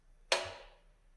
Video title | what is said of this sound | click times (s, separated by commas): PowerBoss Nautilus LD Operator Training - Maybury Material Handling | push it down you'll hear the nice click and and the squeegee assembly will lift up | 0.3 s